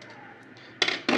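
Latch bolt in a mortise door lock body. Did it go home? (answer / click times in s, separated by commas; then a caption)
released / 0.8 s. The spring latch bolt of a screw-type mortise door lock is worked until it pops free of the lock body. A sharp metallic click is heard at 0.8 s, followed by another metallic clatter at 1.1 s, and the bolt is released.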